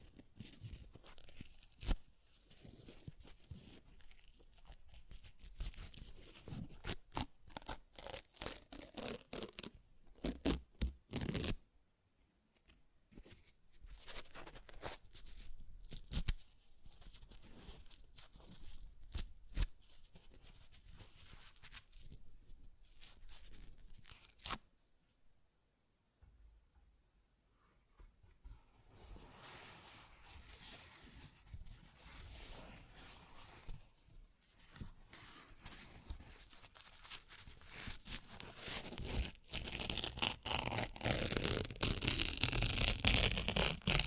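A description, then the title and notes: Paper being ripped and torn in dense runs of crackly, rasping strokes, some sharp and bright, others softer. Short pauses break the tearing near 12 and 26 seconds, and the ripping grows louder and more continuous over the final few seconds. ASMR Paper Ripping Tearing Sounds (No Talking).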